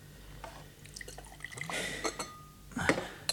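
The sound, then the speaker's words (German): Liquid splashes and gurgles into glasses in a short pour, with scattered drips and a bright glassy clink near the end, as drinks are poured among colleagues for a toast; no one speaks. “Darauf sollten wir anstoßen.”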